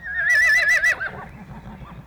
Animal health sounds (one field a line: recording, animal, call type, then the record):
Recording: contact call of a hoofed animal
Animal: Przewalski's horse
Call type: whinny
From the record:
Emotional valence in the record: negative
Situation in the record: naturally occurring agonistic interactions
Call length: 2.1 s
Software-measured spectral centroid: 3310 Hz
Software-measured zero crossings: 2460 a second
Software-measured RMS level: -21 dBFS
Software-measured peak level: -14 dBFS